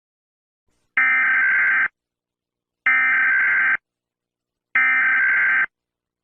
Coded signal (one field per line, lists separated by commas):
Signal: Emergency Alert System (SAME) tones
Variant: header bursts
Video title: 🌈🎨 | Bob Velseb: EAS scenerio #1